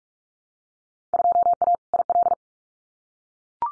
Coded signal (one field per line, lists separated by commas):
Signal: Morse code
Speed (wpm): 44 wpm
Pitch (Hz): 700 Hz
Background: none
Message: 2A IL